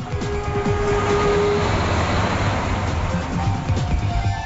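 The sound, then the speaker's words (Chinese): A runaway subway train, out of control and detaching from the power grid, rumbles steadily along the rails, a low churning roar with rattling, clattering bursts and a faint metallic whine running through it. “佢脱离紧电网啊！地铁能源中心启动紧急反应，马洛米而家已经完全失控啦！”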